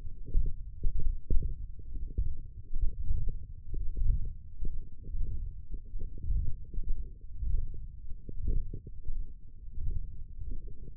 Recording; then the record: forearm muscle sounds (acoustic myography)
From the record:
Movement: ulnar deviation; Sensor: system 1, eight BSWA MPA416 microphones around the upper forearm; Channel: 3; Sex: male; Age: 21 years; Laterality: right